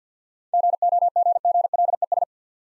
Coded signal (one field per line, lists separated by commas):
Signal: Morse code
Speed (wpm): 51 wpm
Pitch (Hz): 700 Hz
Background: none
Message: GOGGLES